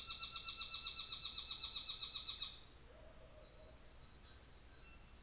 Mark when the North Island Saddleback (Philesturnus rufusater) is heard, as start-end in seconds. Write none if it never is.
0.00-2.60